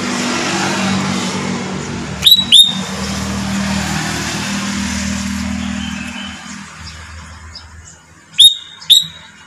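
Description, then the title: Sooty-headed bulbul calling twice, each time a quick pair of sharp, whistled notes, against low road noise. "Kutilang"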